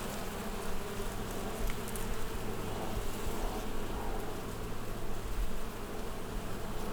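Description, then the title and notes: Low wasp buzzing continues throughout, with brief louder surges. Wasps among the blossoms of the wild vine, Wörth am Rhein, Germany. "Haydnstraße 1, 76744 Wörth am Rhein, Deutschland - Wespen in den Weinranken. Wasps in the blossoms of the wild vine"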